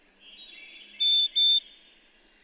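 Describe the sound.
Bird song: four clear, steady whistled notes, a very high one, two lower ones, then another very high one, over a faint buzzy chatter.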